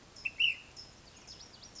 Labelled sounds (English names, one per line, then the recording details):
Ash-throated Flycatcher
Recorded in Sonoma County, California